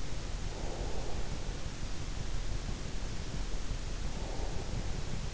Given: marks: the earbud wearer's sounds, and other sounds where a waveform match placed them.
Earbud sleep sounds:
sounds in sleep by an in-ear microphone; breath
0.15-1.72 s: breath
3.71-5.34 s: breath

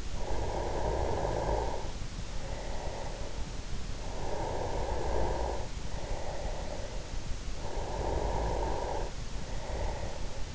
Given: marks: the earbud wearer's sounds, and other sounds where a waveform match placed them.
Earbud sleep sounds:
sounds in sleep by an in-ear microphone; breath, snoring breath
0.00-3.63 s: breath
3.85-7.26 s: snoring breath
7.45-10.55 s: snoring breath

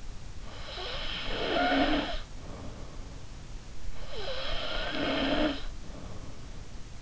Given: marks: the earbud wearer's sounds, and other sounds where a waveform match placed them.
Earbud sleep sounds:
sounds in sleep by an in-ear microphone; snoring breath
0.65-3.02 s: snoring breath
3.98-6.45 s: snoring breath

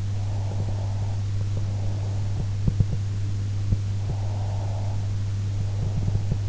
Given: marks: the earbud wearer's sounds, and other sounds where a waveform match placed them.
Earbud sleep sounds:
sounds in sleep by an in-ear microphone; breath
0.26-2.63 s: breath
4.06-6.43 s: breath

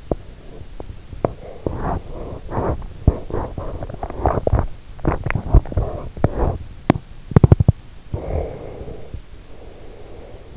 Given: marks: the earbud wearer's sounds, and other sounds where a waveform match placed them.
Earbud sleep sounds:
sounds in sleep by an in-ear microphone; teeth grinding, breath
0.00-7.88 s: teeth grinding
8.08-10.56 s: breath

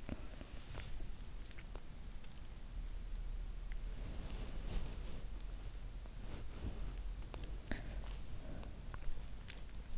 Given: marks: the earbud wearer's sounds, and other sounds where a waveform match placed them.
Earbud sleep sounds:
sounds in sleep by an in-ear microphone; breath, body movement, swallowing
0.00-1.23 s: breath
4.01-8.79 s: body movement
7.21-9.04 s: swallowing

